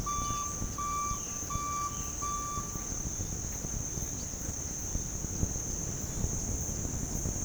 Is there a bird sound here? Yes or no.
no